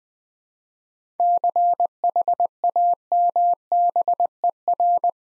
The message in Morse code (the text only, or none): CHAMBER